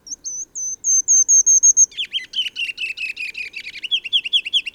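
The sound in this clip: Singing bird: about two seconds of repeated high, thin whistles, then a rapid, buzzy trill of lower slurred notes continuing to the end.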